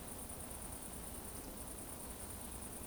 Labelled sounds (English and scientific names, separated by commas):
Eurasian Woodcock (Scolopax rusticola) whistle